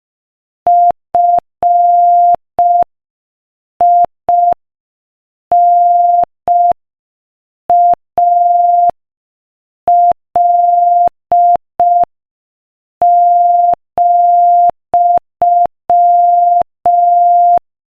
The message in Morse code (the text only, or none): FINAL,